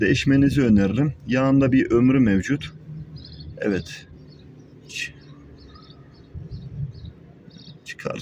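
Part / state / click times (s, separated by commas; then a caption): engine oil dipstick in its guide tube / partly seated / 8.0 s. Someone talks while handling an engine oil dipstick, a metal rod with a plastic handle, in its guide tube, with faint high chirps in the quieter background afterward. A sharp click sounds at 8.0 s, but the dipstick is not fully seated.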